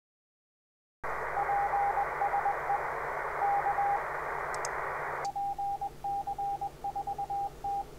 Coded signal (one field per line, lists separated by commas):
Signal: Morse code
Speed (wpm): 21 wpm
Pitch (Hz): 800 Hz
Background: radio noise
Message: PSE K PC4T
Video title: A Keyboard CW QSO